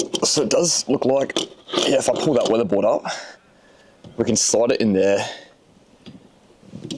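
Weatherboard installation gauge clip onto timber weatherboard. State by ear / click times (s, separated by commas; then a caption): seated / 6.9 s. A weatherboard installation gauge is slid onto a lifted timber weatherboard while someone talks. After a quieter stretch with faint handling sounds, its clip clamps onto the board with a short, sharp click at 6.9 s, locking it into place.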